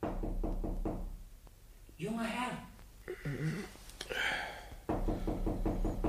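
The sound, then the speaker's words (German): A servant knocking in the morning: a quick run of sharp, steady knocks on a bedroom door, then a voice calls out and speech follows before another brisk burst of rapping on the door. “Der Albdruck dauerte an, bis mein Diener am nächsten Morgen an meine Schlafzimmertür klopfte.”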